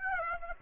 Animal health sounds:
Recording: mosquito wingbeat signal from an infrared sensor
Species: Aedes aegypti

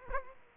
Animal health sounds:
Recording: mosquito wingbeat signal from an infrared sensor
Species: Aedes aegypti

